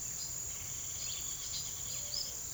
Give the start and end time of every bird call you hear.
[0.82, 2.35] bird call (1.8-6.2 kHz)

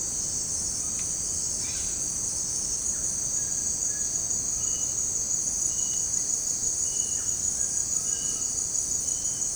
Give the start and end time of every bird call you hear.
[0.68, 2.02] bird call (0.6-4.5 kHz)
[2.84, 4.24] bird call (0.9-2.4 kHz)
[7.08, 8.52] bird call (0.6-2.6 kHz)

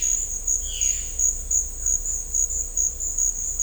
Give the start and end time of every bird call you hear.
[0.58, 1.00] bird call (1.5-4.0 kHz)

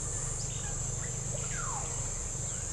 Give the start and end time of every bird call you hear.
[1.38, 1.97] bird call (0.6-2.2 kHz)

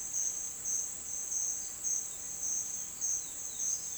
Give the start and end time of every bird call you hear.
[1.52, 3.97] bird call (2.8-5.5 kHz)

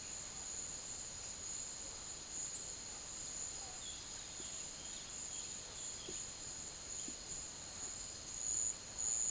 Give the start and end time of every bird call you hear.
[3.85, 6.19] bird call (2.6-4.1 kHz)

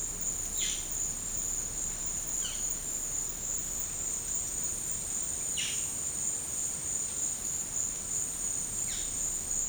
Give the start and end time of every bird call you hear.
[0.55, 0.82] bird call (1.6-5.1 kHz)
[2.38, 2.79] bird call (0.6-5.8 kHz)
[5.51, 5.83] bird call (1.1-5.2 kHz)
[8.86, 9.08] bird call (1.1-5.5 kHz)

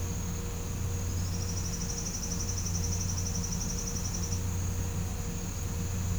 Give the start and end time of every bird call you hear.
[1.04, 4.38] bird call (4.6-6.6 kHz)

